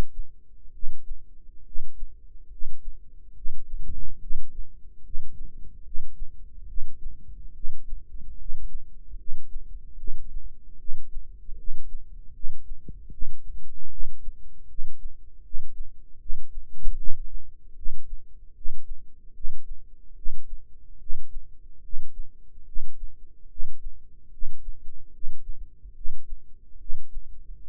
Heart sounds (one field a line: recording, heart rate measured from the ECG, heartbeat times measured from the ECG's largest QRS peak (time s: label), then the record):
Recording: heart sounds by microphone in the right ear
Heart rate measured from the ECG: 73 bpm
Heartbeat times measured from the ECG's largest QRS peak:
0.71 s: heartbeat
1.63 s: heartbeat
2.48 s: heartbeat
3.33 s: heartbeat
4.19 s: heartbeat
5.02 s: heartbeat
5.82 s: heartbeat
6.66 s: heartbeat
7.53 s: heartbeat
8.36 s: heartbeat
9.16 s: heartbeat
9.96 s: heartbeat
10.77 s: heartbeat
11.56 s: heartbeat
12.32 s: heartbeat
13.10 s: heartbeat
13.89 s: heartbeat
14.67 s: heartbeat
15.42 s: heartbeat
16.18 s: heartbeat
16.96 s: heartbeat
17.74 s: heartbeat
18.53 s: heartbeat
19.33 s: heartbeat
20.14 s: heartbeat
20.98 s: heartbeat
21.81 s: heartbeat
22.64 s: heartbeat
23.48 s: heartbeat
24.30 s: heartbeat
25.11 s: heartbeat
25.93 s: heartbeat
26.78 s: heartbeat
27.66 s: heartbeat
From the record:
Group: healthy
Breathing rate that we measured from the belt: 18 breaths a minute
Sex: male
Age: 35 years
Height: 180 cm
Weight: 86.9 kg